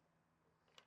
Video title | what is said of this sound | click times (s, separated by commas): DIY Fencing Friends | make sure it clicks | 0.8 s